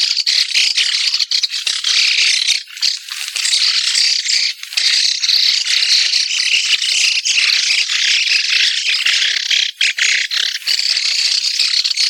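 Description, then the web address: White-cheeked starling flock giving a constant noisy chorus of shrill, scratchy overlapping calls, briefly thinning a few times. "sikioto. mukudori"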